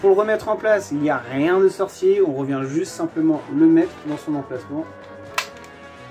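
Someone talks while a magazine is slid back into its slot on an Umarex/H&K MP5K PDW CO2 pellet submachine gun replica. A small, sharp click is heard at 5.4 s as the magazine latches, showing it is seated in place.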